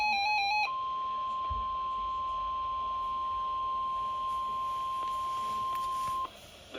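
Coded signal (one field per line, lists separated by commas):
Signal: Emergency Alert System (SAME) tones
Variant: 1050 Hz attention tone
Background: music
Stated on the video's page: Real tornado and severe thunderstorm watches and warnings, some on a NOAA Weather Radio station.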